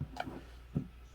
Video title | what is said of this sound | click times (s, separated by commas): CAMERA LENS- The Best Camera Lens to Buy? | counter clockwise now if i hear the the click it means | 0.2 s